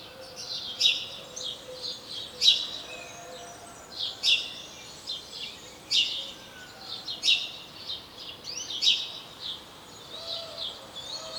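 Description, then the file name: House sparrow chirping: loud, sharp chirps repeated irregularly among softer twittering, with a faint low hum. "Passer domesticus"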